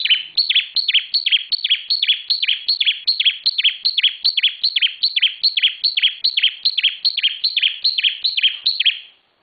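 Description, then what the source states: Bar-winged prinia delivering a long, unbroken series of sharp, downward-sliding chirps at a brisk, even rhythm of about three notes per second. Local name ciblek; described with the bird-keeping term 'semi super gacor', meaning very active, persistent singing.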